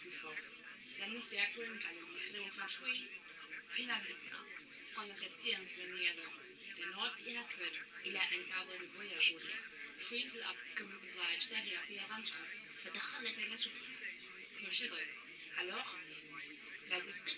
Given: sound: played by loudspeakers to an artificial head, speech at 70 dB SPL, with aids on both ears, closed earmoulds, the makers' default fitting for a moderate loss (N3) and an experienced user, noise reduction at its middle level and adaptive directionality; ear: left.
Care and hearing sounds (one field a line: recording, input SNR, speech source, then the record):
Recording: speech test signal (ISTS) in cocktail-party noise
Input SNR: +3 dB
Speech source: on the right (90 degrees)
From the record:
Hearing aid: class 2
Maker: H